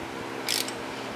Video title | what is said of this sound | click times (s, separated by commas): Brake Job - 2014 Nissan Sentra | click okay frontside | 0.5 s, 0.6 s